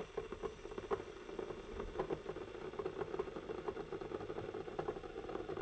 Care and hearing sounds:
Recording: daily activity, microphone in the room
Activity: make coffee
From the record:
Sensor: 4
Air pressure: 995.4 hPa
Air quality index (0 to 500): 214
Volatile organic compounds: 243 ppm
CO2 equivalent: 4341 ppm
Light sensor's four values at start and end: 26/81/31/33 and 27/82/32/34

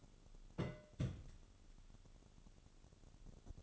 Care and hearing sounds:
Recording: daily activity, microphone in the room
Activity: place on stove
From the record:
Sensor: 4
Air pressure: 1008.8 hPa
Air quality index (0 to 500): 125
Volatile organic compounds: 1 ppm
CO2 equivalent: 917 ppm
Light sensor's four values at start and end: 10/23/9/9 and 10/23/9/9

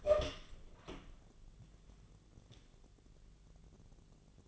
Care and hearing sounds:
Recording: daily activity, microphone in the room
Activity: open door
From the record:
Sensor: 4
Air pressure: 1001.1 hPa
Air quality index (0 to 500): 183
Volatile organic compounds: 2 ppm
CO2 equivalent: 1308 ppm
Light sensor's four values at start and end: 16/38/15/16 and 14/33/14/14

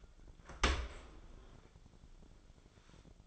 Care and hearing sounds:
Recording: daily activity, microphone in the room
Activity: open dishwasher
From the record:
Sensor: 5

